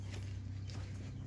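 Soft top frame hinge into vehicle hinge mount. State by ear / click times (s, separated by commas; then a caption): not seated / none. The folded frame of a Bestop NX soft top is lined up at its hinge points and pressed toward the body-side hinge mount on a Jeep JKU, over a steady low hum with poultry in the background. A brief sharp sound rises at about 0.7 s, but the hinge has not snapped or seated into the mount yet.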